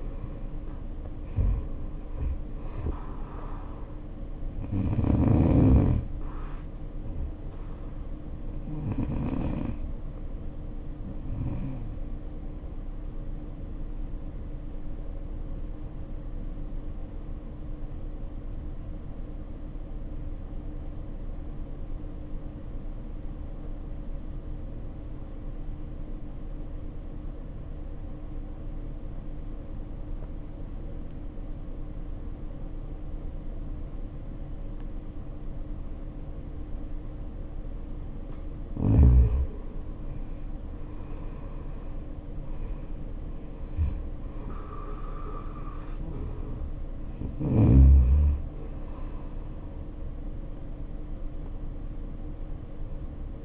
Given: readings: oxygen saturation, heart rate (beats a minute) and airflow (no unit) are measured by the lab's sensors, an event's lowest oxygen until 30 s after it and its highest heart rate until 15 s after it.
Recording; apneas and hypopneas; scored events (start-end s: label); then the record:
breathing in sleep by a smartphone at the bedside; 1
20.00-37.80 s: obstructive apnea (N2, oxygen 95% highest, then 76% lowest, heart rate 55 at the start, 73 highest)
29.00-53.45 s: new sleep stage, N1 (lightest sleep)
From the record:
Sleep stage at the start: N2 (light sleep); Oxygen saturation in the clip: 79 to 95%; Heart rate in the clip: 53 to 73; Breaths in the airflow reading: 7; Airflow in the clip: -8.9 to 8.0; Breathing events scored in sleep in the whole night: 520 in 7.2 hours asleep